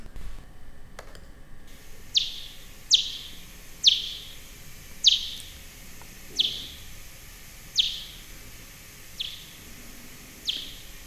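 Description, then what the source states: Greater mouse-eared bat echolocation calls: sharp downward-sweeping chirps repeated roughly once a second against a faint hiss. Played back from a recording.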